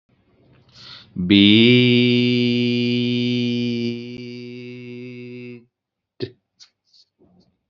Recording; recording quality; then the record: sustained vowel as in beet; excellent, no background noise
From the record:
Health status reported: healthy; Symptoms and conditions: none ticked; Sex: male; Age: 19 years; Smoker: not ticked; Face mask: not worn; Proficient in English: yes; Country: India